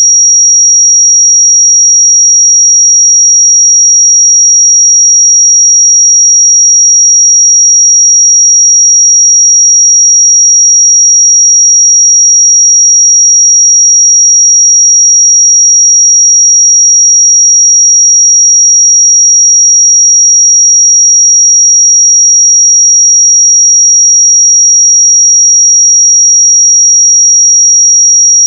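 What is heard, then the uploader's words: A pure sine tone at 5685 Hz holds perfectly steady for the full half minute, thin and piercingly bright. Its loudness never wavers, and nothing else sounds behind it: no pulses, no background noise, just one unbroken whistle. 5685 Hz 1 Hz Interval Sine Pure Tone Frequency 441000 Sample Mono.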